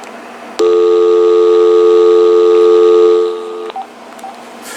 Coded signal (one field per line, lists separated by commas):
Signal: telephone call progress tone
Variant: North America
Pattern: dial tone